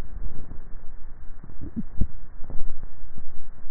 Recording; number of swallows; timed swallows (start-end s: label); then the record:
swallowing sounds by neck microphone; 1
1.82-2.55 s: swallow
From the record:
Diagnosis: dysphagia